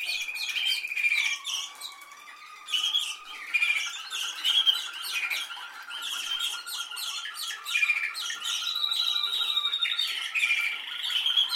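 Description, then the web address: Canary song: busy, varied chirps and short trills in quick succession, with a lower buzzing roll running underneath. "Golchin Best Canari Seda Canari. Niyaz Music)"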